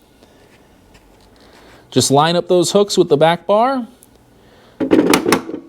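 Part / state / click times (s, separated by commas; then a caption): front frame section hooks latching onto the rear frame bar of a mobility scooter / seated / 5.1 s, 5.3 s. Someone talks while the two steel hooks on the front half of a Golden Buzzaround LT GB107 3-wheel mobility scooter frame are lined up with the steel bar on the rear half and dropped into place. A short burst of metallic knocks follows, with sharp clicks at 5.1 and 5.3 seconds as the hooks seat onto the rear bar and latch.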